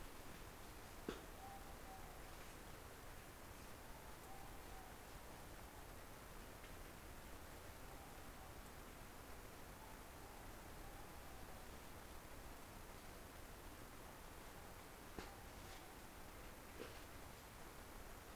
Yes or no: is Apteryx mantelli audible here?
no